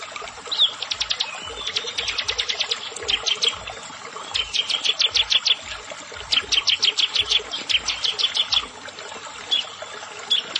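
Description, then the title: Prinia giving repeated high, dry trills of rapid notes, phrases following each other every second or two, with occasional single chirps and low soft thumps. "Ciblek Sawah"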